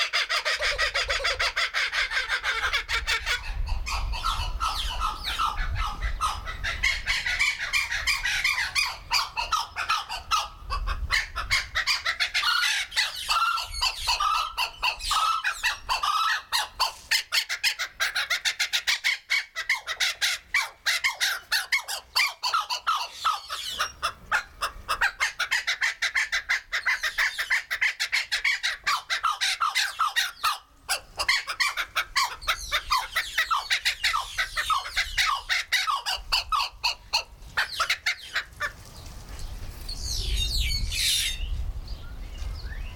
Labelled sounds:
White-headed Buffalo-Weaver (Dinemellia dinemelli)
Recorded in captivity
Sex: group
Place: Zoo Berlin, Berlin, DE
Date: 1996-04-06 15:55
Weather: heiter, 10 - 16 °C
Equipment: Sony MD-WM MZ-R3, Sennheiser MKH 416 T, Kopie Uher 4000 Report Monitor
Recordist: Tembrock, Günter

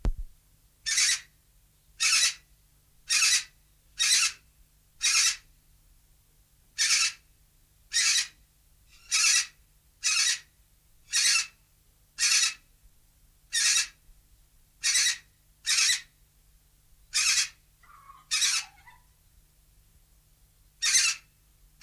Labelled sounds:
Major Mitchell's Cockatoo (Lophochroa leadbeateri) call
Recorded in captivity
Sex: female
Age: adult
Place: Zoo Berlin, Berlin, DE
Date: 2007-03-30 15:15
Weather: sonnig, 17°C
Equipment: Sony WM-D6C, Sennheiser ME 80, Kopie Uher 4000 Report Monitor
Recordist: Tembrock, Günter

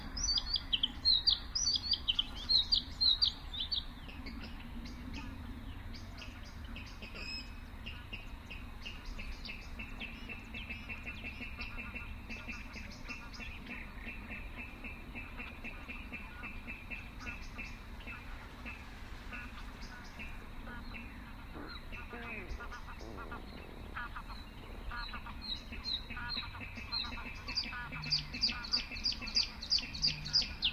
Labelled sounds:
Bluethroat (Luscinia svecica) song
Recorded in the wild
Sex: male
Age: adult
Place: Kützerhof, Kummerower See, Mecklenburg-Vorpommern, DE
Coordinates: 53.8564, 12.8858
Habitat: wetland
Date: 2010-04-28 21:20
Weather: fair, 14°C, no wind
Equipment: Sound Devices 702, Sennheiser MKH 70, Rycote Windschutz
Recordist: Frommolt, Karl-Heinz

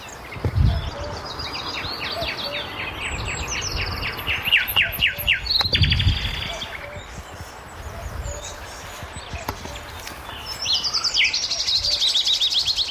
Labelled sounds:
Common Cuckoo (Cuculus canorus) call
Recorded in the wild
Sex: male
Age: adult
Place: Karower Teiche, Berlin, DE
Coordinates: 52.6222, 13.46
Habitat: pond
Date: 1988-05-01
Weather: fair, 16°C
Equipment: Nagra SN, Kopie Tesla B 116
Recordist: Tembrock, Günter

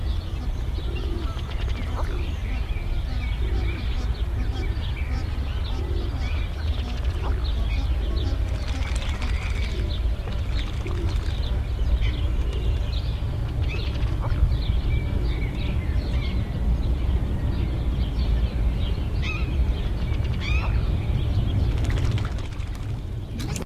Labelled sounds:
Ruddy Duck (Oxyura jamaicensis) courtship call
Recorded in captivity
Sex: male
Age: adult
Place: Tierpark Berlin, Berlin, DE
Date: 1978-04-10 14:45
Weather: sunny, 14°C
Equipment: Uher 4200 Report Stereo, Sennheiser MD 421 HL, Verstärker
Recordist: Tembrock, Günter

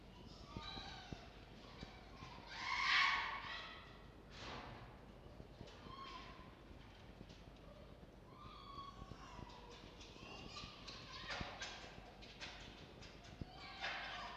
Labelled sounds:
Red Fox (Vulpes vulpes)
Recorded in captivity
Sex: male
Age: adult
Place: Zoologisches Institut der HUB, Berlin, DE
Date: 1952-04-01 19:00
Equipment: Elmetra
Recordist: Tembrock, Günter
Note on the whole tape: Jupp: Pfau-Schrei (zunächst geringe Intensität, eventuell Drohwinseln?)

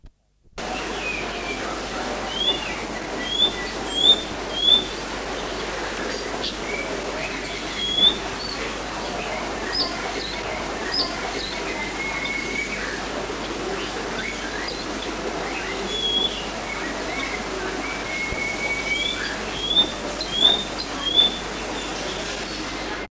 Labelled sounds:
Eastern Black-headed Batis (Batis minor) call
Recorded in captivity
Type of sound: call
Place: Vogelpark Walsrode, Niedersachsen, DE
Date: 1986-03-17
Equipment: Halbspur, 9,5 cm/s
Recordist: Lütgens, Hans
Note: Rufe

